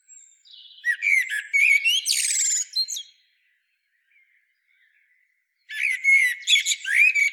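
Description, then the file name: Common blackbird: a phrase of whistles and a harsh buzzy twitter, a few seconds of silence, then another burst of squeaky high notes. "Turdus merula"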